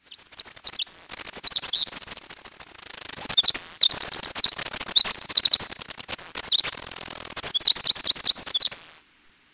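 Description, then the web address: Winter wren singing a fast, high-pitched stream of bubbling trills and twittering notes that pours on for roughly nine seconds, with a short pause midway. "Peterson North American Birds"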